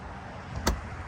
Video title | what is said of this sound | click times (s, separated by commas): The 1993 Corvette Callaway Supernatural 450 Is THE BEST Of The Bunch! The Value Buy | locks into place. | 0.7 s